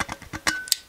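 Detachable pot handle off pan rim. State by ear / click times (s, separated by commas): released / 0.5 s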